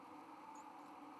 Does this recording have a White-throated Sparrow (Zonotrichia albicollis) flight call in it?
no